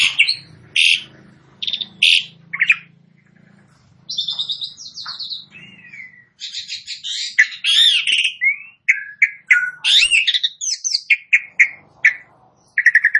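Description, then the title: Asian pied starling giving scattered loud chirps, then a drawn-out buzzy note, followed by a dense stretch of squeaks, whistles and chatter. Starts singing in less than a minute. "Belum Satu Menit Jalak Suren Langsung Bunyi"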